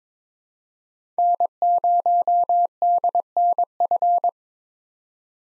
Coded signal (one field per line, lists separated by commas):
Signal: Morse code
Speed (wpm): 22 wpm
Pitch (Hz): 700 Hz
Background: none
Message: N0DNF